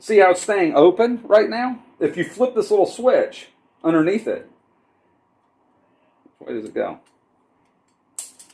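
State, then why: Released. Someone talks while holding a spring-loaded motorcycle phone mount clamp open, then flips the small switch underneath it. At 8.2 s the latch releases and the clamp arms snap shut with a sharp click, followed by a softer tick.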